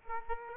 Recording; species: mosquito wingbeat signal from an infrared sensor; Aedes aegypti